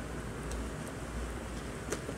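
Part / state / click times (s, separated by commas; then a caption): printed cargo accessory into the RC truck's rack / not seated / none. A printed cargo accessory is handled and pushed toward the roof rack of an RC truck over a steady low rumbling background, with a brief sharp tick near 1.9 s. The clip ends before the part goes home, so nothing has seated or clicked yet.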